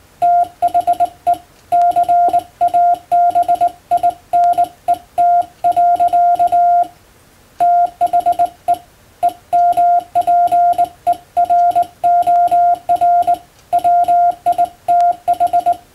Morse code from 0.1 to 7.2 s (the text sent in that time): THE CABINET.